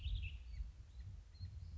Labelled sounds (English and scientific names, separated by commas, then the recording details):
American Robin (Turdus migratorius)
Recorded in Sonoma County, California